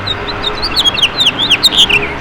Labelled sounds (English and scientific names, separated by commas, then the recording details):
House Finch (Haemorhous mexicanus) song
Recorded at Freeport on Long Island, New York, on 28 May 2013
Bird E